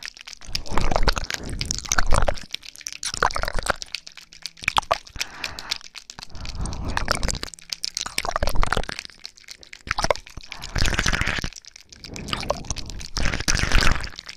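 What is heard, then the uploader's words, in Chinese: Ear licking and mouth sounds come in wet, crackling bursts of clicks and smacks, each lasting a second or two with short quiet gaps between. The bursts repeat steadily through the clip, bright and dense with a soft low hum underneath. 舔耳+口腔音。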